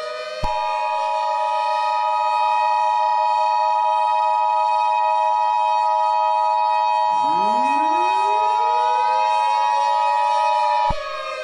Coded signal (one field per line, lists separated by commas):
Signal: Emergency Alert System (SAME) tones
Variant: 853 and 960 Hz attention tone